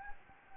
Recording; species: mosquito wingbeat signal from an infrared sensor; Anopheles gambiae